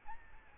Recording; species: mosquito wingbeat signal from an infrared sensor; Aedes albopictus